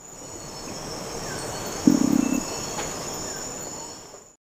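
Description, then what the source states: Long-wattled umbrellabird uttering one short, deep, pulsed boom of about half a second, set against a continuous high insect drone. Recorded in Ecuador.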